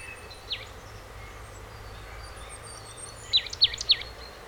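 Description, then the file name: Marsh tit giving a single falling note early on, then a tight run of three sharp descending notes near the end, amid low background hiss. "Poecile palustris"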